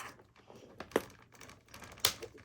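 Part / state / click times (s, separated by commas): wheel hex onto RC monster truck driveshaft axle pin / seated / 2.0 s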